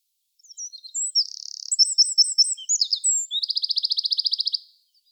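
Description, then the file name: Eurasian wren song: a fast, shrill four-second outpouring of chirps, a buzzy trill and a final rapid rattle, with quiet after. "Troglodytes troglodytes"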